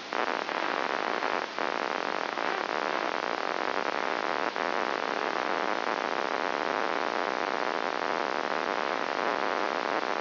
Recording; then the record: brain microelectrode recording played as sound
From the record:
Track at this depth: inside the subthalamic nucleus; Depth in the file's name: 3.301 mm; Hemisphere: right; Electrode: 3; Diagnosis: Parkinson's disease